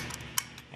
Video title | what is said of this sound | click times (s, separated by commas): Mills Jackpot Setting Before Install | may want to snap open but you want to push it forward and lock it in place | 0.4 s